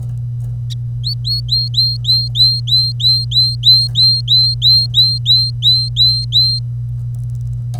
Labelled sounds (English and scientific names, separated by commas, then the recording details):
Domestic Canary (Serinus canaria) song
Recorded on 25 April 2018 at 09:35
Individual llb3